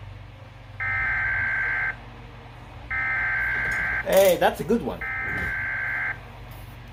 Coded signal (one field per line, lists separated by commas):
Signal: Emergency Alert System (SAME) tones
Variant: header bursts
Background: speech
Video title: EAS 146-147: JUST SOME SEVERE THUNDERSTORM WARNINGS